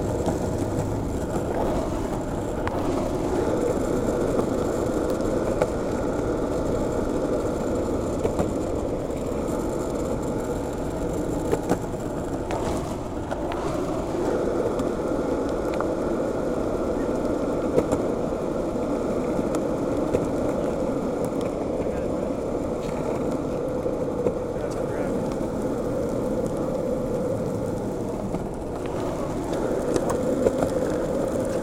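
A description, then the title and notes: Skateboard wheels roll along a smooth, flat bike path in a steady, dense rumble that stays low and even for the whole stretch. Small clicks and bumps break through now and then, with a few brief brighter scrapes around the middle. Skateboarding Serenity on the Bike Path. Skate along a shared-use bike path that offers a smooth and flat surface.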